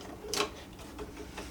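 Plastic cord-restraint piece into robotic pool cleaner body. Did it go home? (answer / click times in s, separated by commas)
yes / 0.3 s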